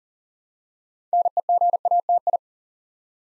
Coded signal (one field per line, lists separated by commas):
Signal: Morse code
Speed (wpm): 38 wpm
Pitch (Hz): 700 Hz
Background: none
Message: NEGATI